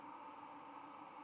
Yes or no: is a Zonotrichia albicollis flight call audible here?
no